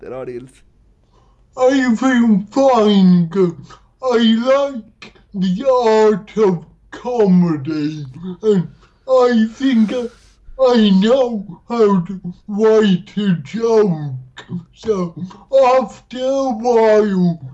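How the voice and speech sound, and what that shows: Slow, effortful speech from an adult male comedian from the UK with cerebral palsy, delivered in short bursts with frequent pauses, drawn-out vowels and a nasal quality; most words remain understandable. This is dysarthria, a motor speech disorder from impaired control of the speech muscles.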